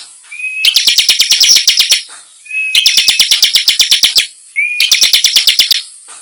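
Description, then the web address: Bar-winged prinia song: three bursts, each opening with a rising whistle and running into a fast series of harsh chips. Called gacor, meaning singing actively, in the nembak style. "ciblek suara-ciblek-gacor-nembak"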